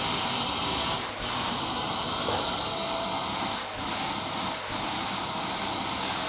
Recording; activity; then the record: daily activity, microphone in the room; vacuum cleaning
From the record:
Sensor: 3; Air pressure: 994.4 hPa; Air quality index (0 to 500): 208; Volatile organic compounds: 1000 ppm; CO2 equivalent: 6924 ppm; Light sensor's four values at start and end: 75/174/72/69 and 74/173/72/69